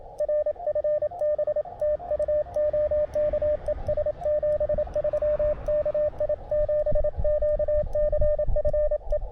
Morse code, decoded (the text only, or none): R FB TU OK ES 73 KI7QCF E